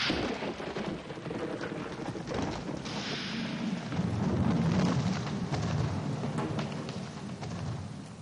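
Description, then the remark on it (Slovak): A rumbling thunder and lightning strike effect rolls through, swelling into a deep, heavy boom around the middle before easing off, with a hiss like rain underneath and no voices. “Ty si ma oslepil bleskom a tak donútil zastať.”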